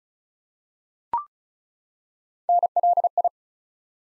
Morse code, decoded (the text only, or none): NLI